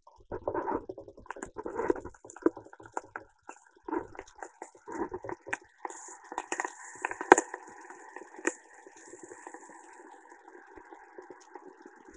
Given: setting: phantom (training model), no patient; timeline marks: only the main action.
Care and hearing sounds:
laparoscopic instrument, vibration sensor on the handle end
2.78-12.17 s: coagulation
From the record:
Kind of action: gesture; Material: ex-vivo porcine liver

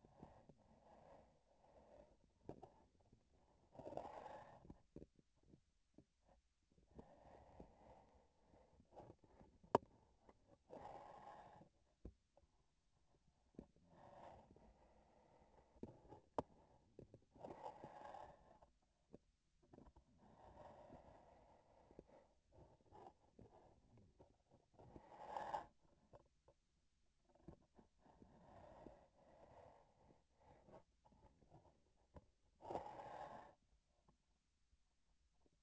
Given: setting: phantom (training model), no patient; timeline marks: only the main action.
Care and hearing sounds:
laparoscopic instrument, vibration sensor on the handle end
2.81-3.69 s: palpation
9.83-10.58 s: palpation
16.52-17.35 s: palpation
23.29-24.71 s: palpation
30.95-32.35 s: palpation
From the record:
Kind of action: gesture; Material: synthetic tissue

